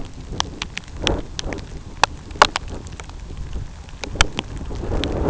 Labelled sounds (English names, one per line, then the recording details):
none
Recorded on Arctic tundra, site UTQI-2, on 13 June 2019
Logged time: 12:00